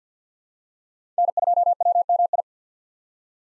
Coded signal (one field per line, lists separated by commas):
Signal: Morse code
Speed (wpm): 48 wpm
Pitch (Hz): 700 Hz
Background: none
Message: N2WMI